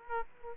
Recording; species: mosquito wingbeat signal from an infrared sensor; Aedes aegypti